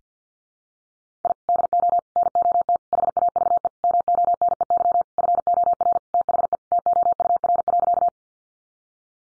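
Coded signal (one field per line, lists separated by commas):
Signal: Morse code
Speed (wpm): 50 wpm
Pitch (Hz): 700 Hz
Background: none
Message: I DO NOT HAVE MONEY FOR THE TOUR.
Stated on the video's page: Morse code head-copy practice of sentences from the top 1400 words at 50 wpm, sent before and after speech.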